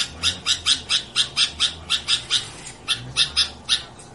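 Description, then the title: Sooty-headed bulbul gives a rapid series of sharp, high chirps, slightly uneven in spacing. "Suara Burung Kutilang"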